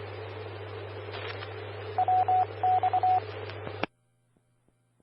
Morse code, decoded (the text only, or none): WX